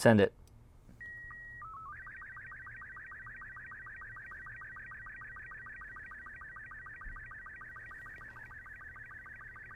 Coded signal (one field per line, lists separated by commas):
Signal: SSTV (slow-scan television)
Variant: Robot 36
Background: speech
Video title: The VGC N7600 Radio Has APRS, KISS TNC, Air Band, GPS, Bluetooth & 50 watts!